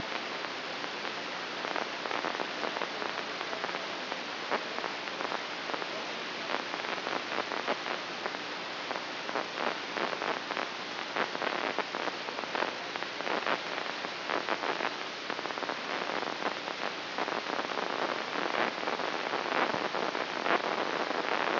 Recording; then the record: brain microelectrode recording played as sound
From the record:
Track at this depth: inside the subthalamic nucleus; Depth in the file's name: 1.727 mm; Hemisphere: right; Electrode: 3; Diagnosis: Parkinson's disease